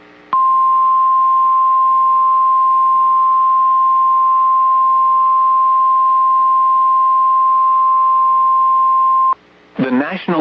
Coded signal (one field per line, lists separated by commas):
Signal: Emergency Alert System (SAME) tones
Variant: 1050 Hz attention tone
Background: speech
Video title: Early Saturday Morning Wake-up Call: EAS Alerts from the morning of March 8, 2025